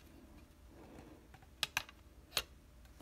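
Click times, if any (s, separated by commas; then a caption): 1.6 s, 1.8 s, 2.4 s. A metal scissor support on a Tetra Teknica Essentials Series GFR adjustable guitar foot rest is raised and locked into one of its six height positions. Sharp metallic clicks at 1.6, 1.8 and 2.4 seconds are the support catching in its notch over a quiet background, and the foot rest locks in place at that height.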